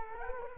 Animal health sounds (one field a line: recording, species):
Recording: mosquito wingbeat signal from an infrared sensor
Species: Culex quinquefasciatus